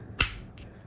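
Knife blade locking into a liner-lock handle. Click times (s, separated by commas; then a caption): 0.2 s. A small folding knife with a G-10 handle has its steel blade flipped open, and the liner lock snaps into place with a sharp click at 0.2 s. A fainter, softer high-frequency noise follows around 0.6 s. The blade is locked open.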